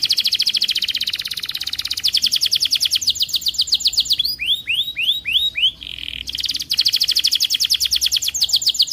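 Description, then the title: Atlantic canary trilling rapidly and evenly, then inserting a series of looping upward-swept notes and a steady whistle before resuming the fast high rattle. Canary in energetic full song (gacor), with the best melodic phrasing (cengkok) and the most luxurious fill-in phrases (isian). "Kenari Gacor Cengkok Terbaik Isian Paling Mewah Kenarigacor Kicaumania Kenari"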